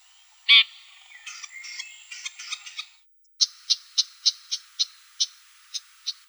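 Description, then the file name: Red-backed shrike giving a loud rasping note, a spell of scratchy chatter, then after a pause a series of sharp clicking ticks. "Lanius collurio"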